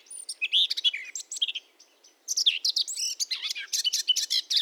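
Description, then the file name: Eurasian blackcap song: two lively warbled phrases of chattering, twittering and fluty notes with a brief gap between them. "Sylvia atricapilla"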